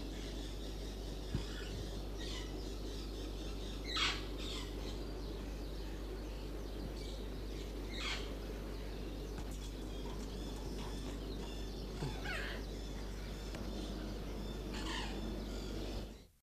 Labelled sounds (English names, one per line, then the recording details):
White-crowned Parrot call
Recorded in captivity
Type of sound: call
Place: Loro Parque Tenerife, Provinz Santa Cruz de Tenerife, ES
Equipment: Halbspur, 9,5 cm/s
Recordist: Lütgens, Hans
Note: Rufe